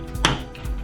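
A shower door travel lock latch in the bathroom of a 2023 Alliance Paradigm 395DS RV is pushed closed and gives a sharp click at 0.3 s, followed by a faint tap near 0.6 s. The latch locks fully; without that click it would not be locked all the way and could break during travel.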